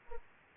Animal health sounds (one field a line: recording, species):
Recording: mosquito wingbeat signal from an infrared sensor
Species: Anopheles arabiensis